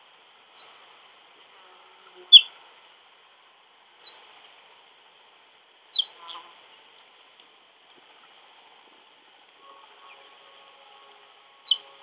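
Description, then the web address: Ortolan bunting giving clear, high, downslurred single notes, about two seconds apart, then a long pause before a last one, over a faint steady high hum. "chant xeno-canto bruant ortolan"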